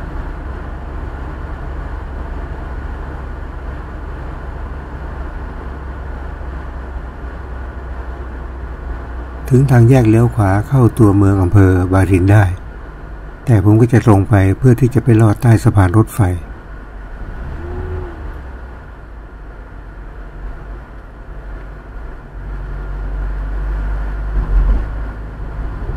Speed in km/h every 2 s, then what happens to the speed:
66, 66, 66, 65, 64, 61, 57, 50, 44, 43, 41, 39, 42.
0-8 steady at about 66. 8-16 slows to 44. 16-26 steady at about 42.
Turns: none.